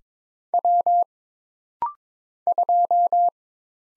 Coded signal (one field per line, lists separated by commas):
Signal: Morse code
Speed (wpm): 23 wpm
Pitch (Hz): 700 Hz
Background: none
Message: W 2